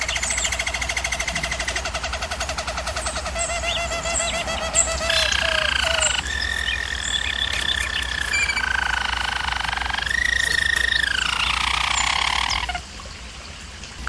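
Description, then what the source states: German Roller canary song: rapid rolled trill, then long held tours that glide gently downward in pitch, ending abruptly into quiet hum. Singing used for canary training.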